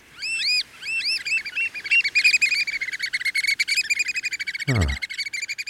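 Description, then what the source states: American oystercatcher calls, loud shrill piping, first a few separate arched whistled notes, then a fast excited run of piping. Shorebird call evoking a sandy beach; species is the focus of a major conservation win for shorebirds.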